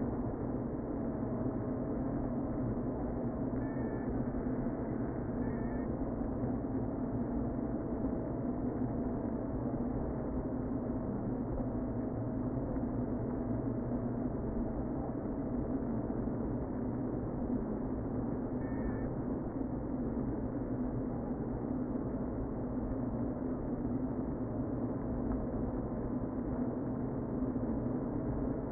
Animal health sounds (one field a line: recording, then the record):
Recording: honeybee colony, microphone inside the hive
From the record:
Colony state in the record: queen present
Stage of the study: before two queens were removed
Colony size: about 60,000 bees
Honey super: yes